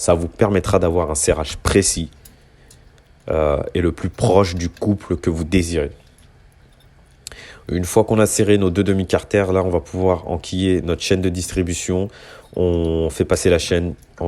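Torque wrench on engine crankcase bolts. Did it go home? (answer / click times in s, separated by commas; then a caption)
yes / 7.3 s. Someone talks while a torque wrench tightens the last crankcase bolt on a 350 SX-F engine. The wrench gives one sharp click at 7.3 s, confirming the bolt has reached torque and both crankcase halves are now tightened.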